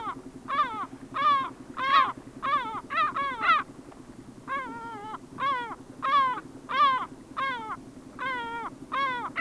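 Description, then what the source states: Lesser Black-backed Gull uttering harsh, nasal falling calls in irregular bursts, some doubled or tripled quickly, with a brief lull midway and a low hum throughout. Sweden.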